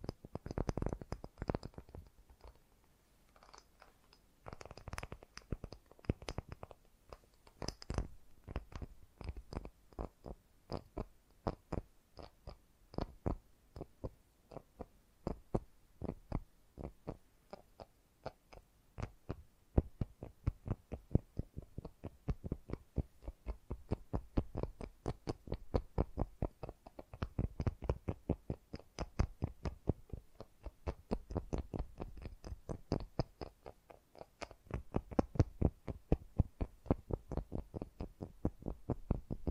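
Fast, gentle tapping runs through the whole stretch as a dense stream of soft, quick strikes with a low, thumping body. The pace stays rapid and fairly even, growing busier after the first few seconds, with brief pauses and a faint steady hum underneath.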